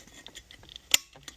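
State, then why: Seated. A plastic horn electrical connector on a 1990–1992 Camaro is reconnected into the steering wheel horn circuit, with a few faint ticks and small rattles beforehand. At 0.9 s there is one sharp, bright click as it seats, followed by another light tick. The connector is confirmed clicked in and seated.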